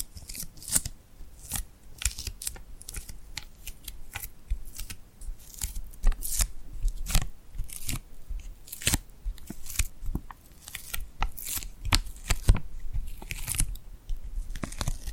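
Sticky, glued hands crackle and snap apart in quick, irregular bursts of bright clicks and rustles, with sharp peaks every second or so. Between them, softer shuffling and faint tacky peeling fill the gaps, and the level stays fairly even throughout.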